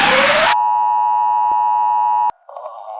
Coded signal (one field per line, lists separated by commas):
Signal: Emergency Alert System (SAME) tones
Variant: 853 and 960 Hz attention tone